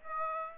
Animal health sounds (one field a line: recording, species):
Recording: mosquito wingbeat signal from an infrared sensor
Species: Aedes aegypti